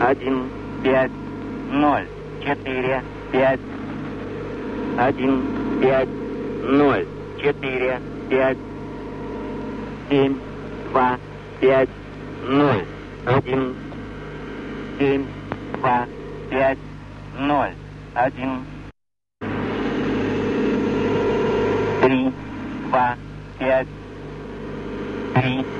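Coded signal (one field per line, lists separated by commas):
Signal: numbers station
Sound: a voice reading digits one by one, evenly spaced, over engine-like hum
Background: radio hum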